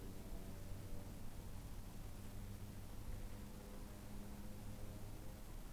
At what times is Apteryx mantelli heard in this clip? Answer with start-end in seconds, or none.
none